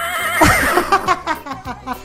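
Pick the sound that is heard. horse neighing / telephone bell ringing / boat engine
horse neighing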